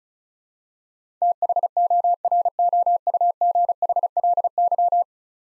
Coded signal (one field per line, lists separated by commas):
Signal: Morse code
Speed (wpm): 36 wpm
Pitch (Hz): 700 Hz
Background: none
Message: THOROUGHLY